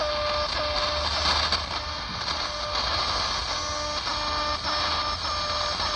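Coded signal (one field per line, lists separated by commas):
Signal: channel marker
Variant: The Alarm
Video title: SW DX "The Alarm" - Russian military commandment network communication, reception in Sofia, Bulgaria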